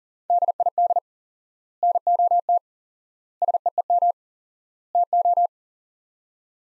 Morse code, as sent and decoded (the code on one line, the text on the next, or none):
-.. .. -.. / -. --- - / ... . . -- / - ---
DID NOT SEEM TO